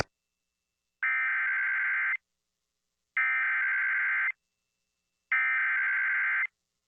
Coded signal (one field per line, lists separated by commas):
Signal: Emergency Alert System (SAME) tones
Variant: header bursts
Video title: TFX RETURNS ONCE MORE... EAS Alerts from 7/15/22 (EAS 1,405-1,417)